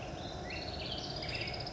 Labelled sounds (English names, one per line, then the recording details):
Black-headed Grosbeak
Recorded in Sonoma County, California